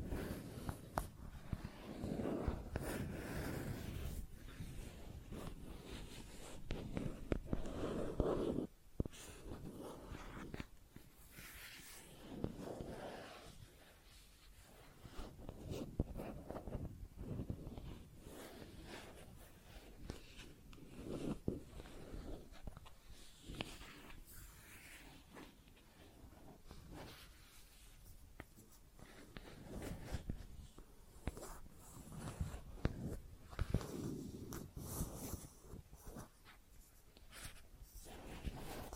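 Plastic objects are tapped and scratched in an irregular, busy stream of short clicks and rasping scrapes, with no long pauses. Sharp taps stand out now and then, a strong one near eight seconds, while a low rumbling handling noise runs underneath throughout.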